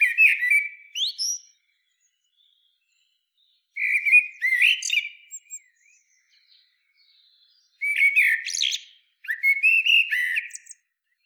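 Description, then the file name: Common blackbird singing mellow whistled phrases that end in thin, scratchy twittering, four phrases separated by pauses. "Turdus merula"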